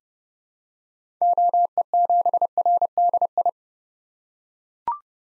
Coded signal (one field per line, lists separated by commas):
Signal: Morse code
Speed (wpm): 31 wpm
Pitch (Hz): 700 Hz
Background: none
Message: OE7RDI